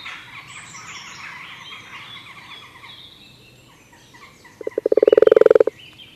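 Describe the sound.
Common toad: birds twittering softly at first, then a common toad breaks in with a single rapid trill of low pulsed croaks lasting about a second.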